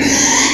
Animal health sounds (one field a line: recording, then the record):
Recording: squeal of a Yucatan mini pig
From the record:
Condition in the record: before surgery on the right vocal fold (resection and tissue-engineered implant)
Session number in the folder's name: 2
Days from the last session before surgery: 0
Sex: male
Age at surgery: 12 weeks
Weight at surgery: 13 kg